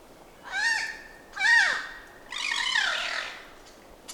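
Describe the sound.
Bird calling with two arched, nasal squawks followed by a longer, rougher, descending harsh note, all rich in harmonics, against quiet background hiss.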